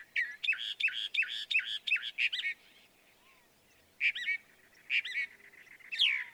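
Northern mockingbird singing a rapid string of repeated chirping notes, a short pause, then scattered varied phrases.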